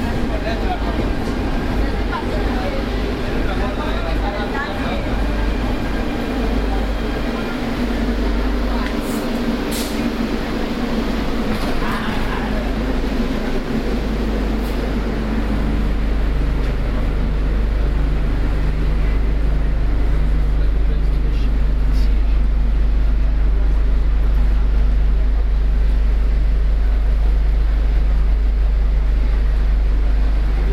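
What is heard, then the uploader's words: A ride aboard a metro train, with a constant deep rumble underneath and a dense rattling, rushing roar that swells slightly louder in the second half. Brief clicks and squeals cut through around the tenth to fifteenth seconds, and faint voices sit in the background. Binaural Diaries - Barcelona Metro Journey. We were riding Linea 3 from Vallcarca to Liceu.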